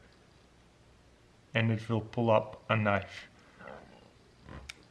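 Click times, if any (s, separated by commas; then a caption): 4.7 s. The blade of an unusual folding knife is pulled up until its metal locking mechanism engages. Someone talks, then there is a quiet rustle and a sharp click at 4.7 seconds as the blade locks into place.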